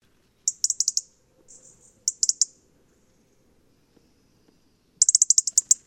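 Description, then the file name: European robin calling in quick bursts of hard, high ticks: three runs of clicks, the first two separated by a few soft, thin notes, then a long pause before the last. "Erithacus rubecula"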